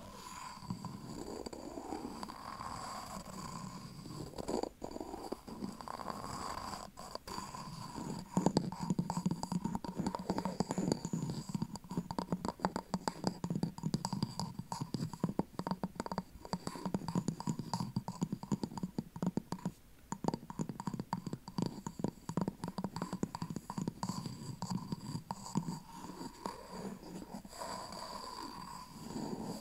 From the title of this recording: ASMR Wooden And Cork Triggers (tapping & scratching)